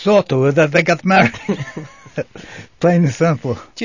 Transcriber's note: laughs